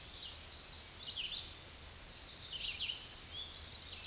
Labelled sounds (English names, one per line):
Red-eyed Vireo song